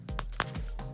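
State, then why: Released. A swappable plastic hand is pulled out of the double-jointed wrist peg of a Power Rangers Lightning Collection SPD Shadow Ranger action figure. The peg clicks out in two stages, with a sharp click at 0.2 s and a louder one at 0.4 s, and the hand comes free.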